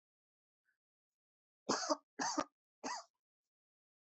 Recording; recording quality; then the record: shallow voluntary cough; excellent, no background noise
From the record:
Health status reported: COVID-19 positive, mild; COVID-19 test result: positive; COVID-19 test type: rapid antigen test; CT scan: not taken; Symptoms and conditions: fever, fatigue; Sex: female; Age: 22 years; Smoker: no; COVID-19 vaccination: both doses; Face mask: worn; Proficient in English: yes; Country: India